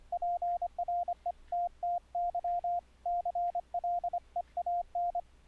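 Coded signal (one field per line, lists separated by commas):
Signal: Morse code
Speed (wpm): 25 wpm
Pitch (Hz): 700 Hz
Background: radio noise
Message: PRETTY CLEAN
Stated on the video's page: Audio CW sidetone sent over the internet using Mumble, not radio, full QSK.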